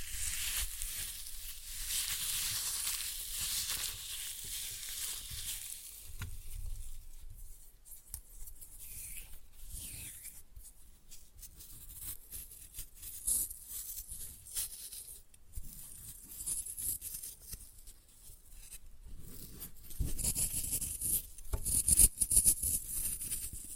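Floral foam being crushed: a dense hiss at first, then irregular crackles and crunches, with sharper snaps clustered near the end.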